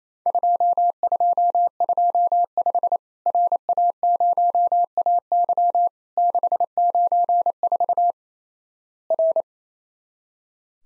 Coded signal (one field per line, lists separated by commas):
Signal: Morse code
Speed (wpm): 28 wpm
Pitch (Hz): 700 Hz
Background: none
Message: 2225 RA0AY 694 R